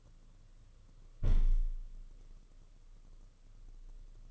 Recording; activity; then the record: daily activity, microphone in the room; close window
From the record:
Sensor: 4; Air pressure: 995.2 hPa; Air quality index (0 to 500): 190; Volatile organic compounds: 116 ppm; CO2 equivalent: 3854 ppm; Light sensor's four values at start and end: 5/10/4/4 and 4/9/3/4